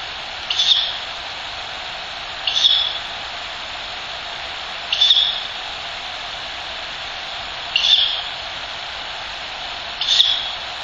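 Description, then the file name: Ural Owl chick giving short rasping hissed calls, five in all, over a steady background hiss. Chick; recorded 19 December 2005. "フクロウ雛 2005121900 遠藤"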